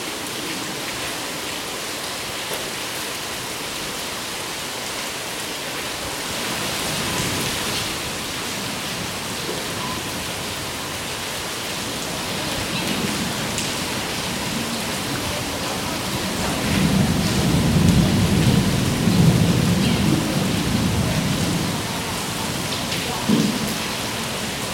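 Rain falls steadily on a jungle, a dense, even hiss that fills the whole clip. Low rumbling swells rise around seven seconds, again near thirteen, and most strongly from about sixteen to twenty-one seconds, like thunder rolling beneath the downpour.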